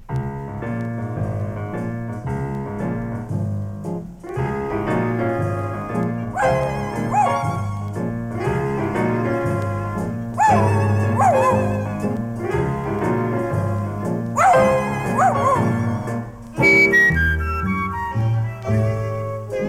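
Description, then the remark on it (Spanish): A small dog with a toothache whimpers and cries in high, whiny, sliding yelps that recur every few seconds over a steady, bouncy musical accompaniment with a firm bass line. “Apenas llegó a casa, dio con otro llorón, pero este de cuatro patas.”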